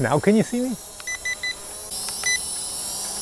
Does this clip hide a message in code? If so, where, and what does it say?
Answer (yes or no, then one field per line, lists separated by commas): no